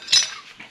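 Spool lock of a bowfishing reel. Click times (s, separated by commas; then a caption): 0.1 s. A bowfishing reel is turned during disassembly to remove the spool until the spool locks in place at the sprocket, giving a sharp metallic hit at 0.1 seconds. Fainter, softer clicks follow at about 0.6 and 0.7 seconds. The spool is locked in place.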